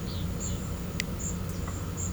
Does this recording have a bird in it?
no